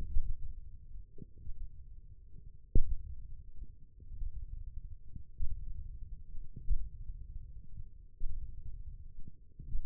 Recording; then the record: forearm muscle sounds (acoustic myography)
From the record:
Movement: thumb flexion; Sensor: system 1, eight BSWA MPA416 microphones around the upper forearm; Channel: 4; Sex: male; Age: 20 years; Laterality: left